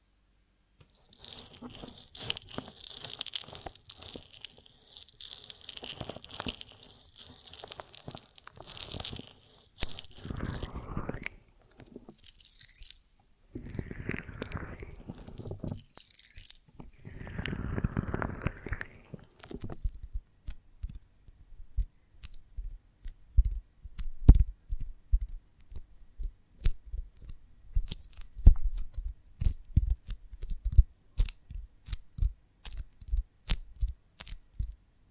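Honeycomb on a branch being handled for ASMR, with bursts of bright, crackly crunching and sticky bites through the first twenty seconds, separated by short pauses. After that the sound turns to dense, irregular clicks and soft taps that continue to the end.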